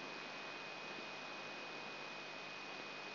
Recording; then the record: brain microelectrode recording played as sound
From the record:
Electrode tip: outside the subthalamic nucleus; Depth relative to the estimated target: 3 mm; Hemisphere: left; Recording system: AlphaMap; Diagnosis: Parkinson's disease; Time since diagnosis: 9 years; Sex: male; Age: 58 years